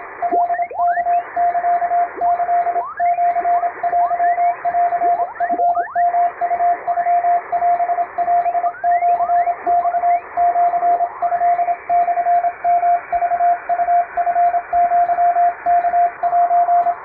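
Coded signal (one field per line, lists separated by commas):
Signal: Morse code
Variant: Japanese Wabun code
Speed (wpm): 28 wpm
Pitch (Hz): 700 Hz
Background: radio noise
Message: カワサキシテンチヨウノオオシマシトモヨクウチアワセ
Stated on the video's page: Japanese-language (wabun) telegram practice from radiotelegraph operator exam material, sent with an electronic keyer, with simulated real-world noise added.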